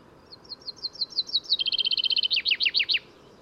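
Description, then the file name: Common chaffinch song with a high repeated opening, a dense fast trill in the middle and a final group of emphatic downslurred notes. "Fringilla coelebs"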